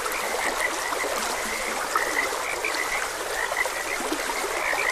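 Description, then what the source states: Frogs croaking in a dense chorus of short, bright notes repeating throughout, over the steady rush of flowing water. Frogs croaking beside a gentle stream.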